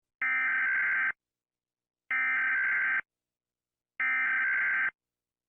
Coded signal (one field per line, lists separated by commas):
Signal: Emergency Alert System (SAME) tones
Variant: header bursts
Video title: EAS Scenario nuclear bomb￼